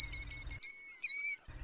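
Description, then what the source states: Killdeer giving a few quick, high whistled notes followed by two drawn-out, piercing whistles. Heard in open grassy areas like ball fields, airports, agricultural fields and marshes; nests around construction zones, driveways, soccer fields and gravel pits.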